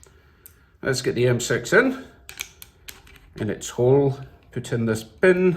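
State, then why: Not seated. Someone talks while setting up a heavy-duty budget rivnut tool for an M6 insert and fitting the threaded pin into the tool head. Brief sharp metallic handling ticks are heard between the speech. The clip ends before the pin goes home, so nothing has seated or clicked yet.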